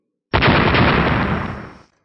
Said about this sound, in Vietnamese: Liên tiếp tiếng nổ rung trời vang lên.